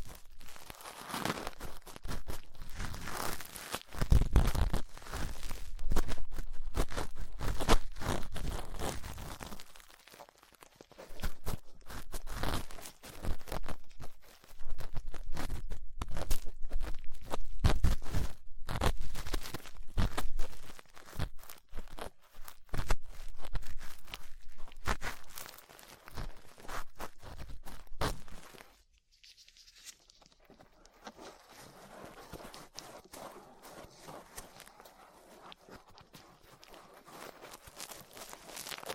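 Ear cleaning with latex gloves: dense, crackly rubbing and scraping in quick bursts, loud and busy for most of the first half with a short pause near ten seconds. Just before thirty seconds it drops to a softer, quieter scratching that continues to the end.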